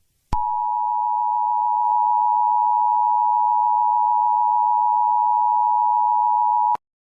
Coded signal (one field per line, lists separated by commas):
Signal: Emergency Alert System (SAME) tones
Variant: 853 and 960 Hz attention tone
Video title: 2013 Easter EF6 Tornado (EAS Scenario)